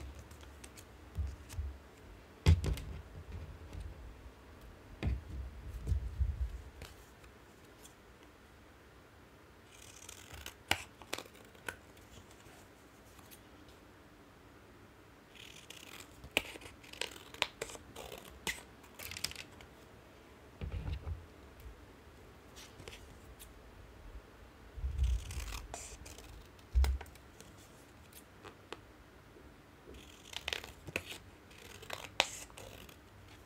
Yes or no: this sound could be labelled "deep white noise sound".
no